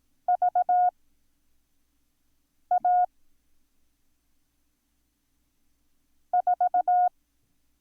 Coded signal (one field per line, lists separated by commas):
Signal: Morse code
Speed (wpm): 18 wpm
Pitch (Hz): 720 Hz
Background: none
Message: VA 4